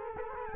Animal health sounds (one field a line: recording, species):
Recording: mosquito wingbeat signal from an infrared sensor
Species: Culex quinquefasciatus